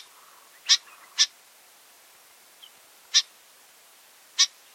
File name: Familiar chat